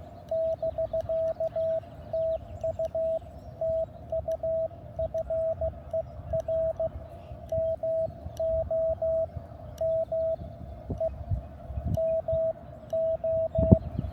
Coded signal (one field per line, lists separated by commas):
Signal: Morse code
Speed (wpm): 16 wpm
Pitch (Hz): 660 Hz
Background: none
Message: <BK> TU TU FER MO MEMO